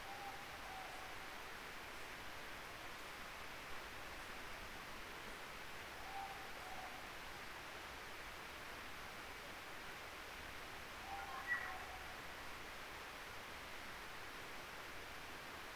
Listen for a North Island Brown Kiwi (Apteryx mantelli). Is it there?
no